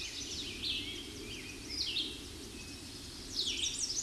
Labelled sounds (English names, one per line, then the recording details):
Red-eyed Vireo song
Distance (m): 20 m
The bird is about 5 m above the microphone
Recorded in a Pennsylvania forest on 16 May 2024 at 07:12
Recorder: AudioMoth, point MSD-2095
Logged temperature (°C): 16.3 °C
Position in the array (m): 130 m, 51 m